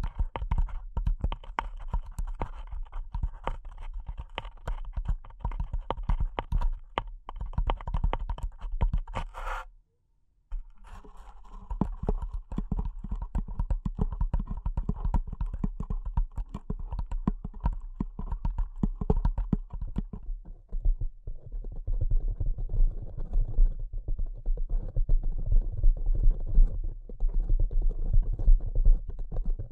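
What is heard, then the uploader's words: Delicate tapping in quick, dense clicks, like keys on a keyboard, briefly stopping near ten seconds, then resuming softer and lower after twenty. ASMR Delicate Tapping (No Talking).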